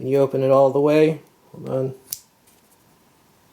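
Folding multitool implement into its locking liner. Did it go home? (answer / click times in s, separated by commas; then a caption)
yes / 2.1 s. A folding implement on a SOG PowerAssist multitool is opened all the way until the notch in its lock structure engages the locking liner. Someone talks, then a single sharp click is heard at 2.1 s as the implement snaps into place and locks.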